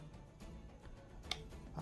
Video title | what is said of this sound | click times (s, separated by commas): Assassin's Creed Black Flag Saber with Proffie 2.2 Soundboard and Neopixel Blade | magnetic switch here pops | 1.3 s